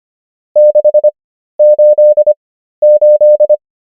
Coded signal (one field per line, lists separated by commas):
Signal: Morse code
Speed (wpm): 25 wpm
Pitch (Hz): 600 Hz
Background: none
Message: 688